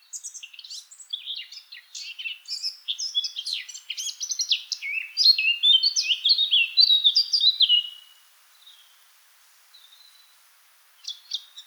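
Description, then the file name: Eurasian blackcap song: a quiet scratchy warble building into loud, clear fluty phrases that descend, followed by a pause and a short new start. "Sylvia atricapilla"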